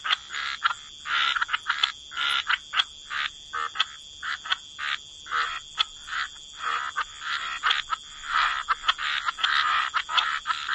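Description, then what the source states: Frogs croaking in repeated short bursts of trilled calls separated by brief quiet gaps, with a faint steady whine underneath. Frog chorus.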